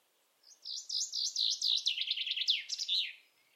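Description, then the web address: Common chaffinch song, a cheerful cascade of repeated notes dropping lower and quickening toward a final emphatic flourish, in a quiet setting. "Deverinetal"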